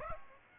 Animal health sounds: mosquito wingbeat signal from an infrared sensor; Aedes aegypti

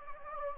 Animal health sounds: mosquito wingbeat signal from an infrared sensor; Anopheles gambiae

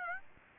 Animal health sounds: mosquito wingbeat signal from an infrared sensor; Aedes aegypti

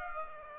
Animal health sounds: mosquito wingbeat signal from an infrared sensor; Aedes aegypti

